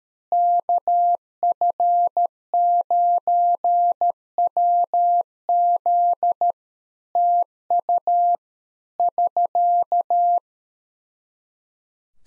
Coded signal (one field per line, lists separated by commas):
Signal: Morse code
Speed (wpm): 13 wpm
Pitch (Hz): 700 Hz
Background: none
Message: KF9WZ TU <SK>